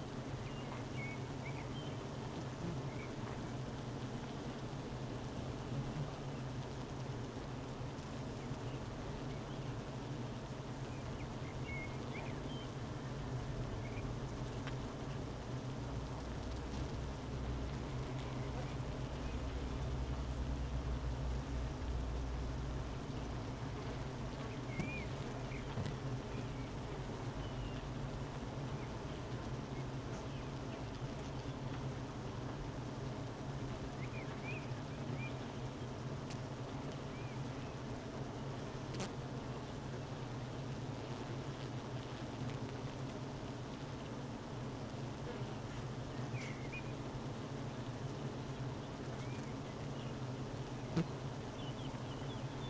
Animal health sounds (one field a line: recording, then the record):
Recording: honeybee colony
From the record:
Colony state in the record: missing queen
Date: 31 May 2018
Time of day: 12:10